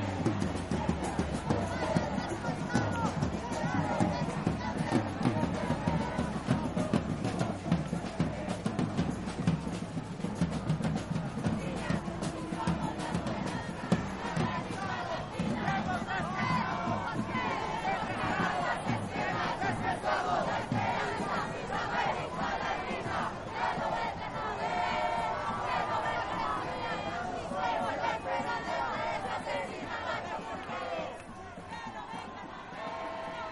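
A protest march fills the air with a dense, steady crowd roar, many voices talking and shouting at once. Chanting and raised cries rise and fall throughout, with a busier, louder stretch in the first fifteen seconds before the crowd thins slightly toward the end.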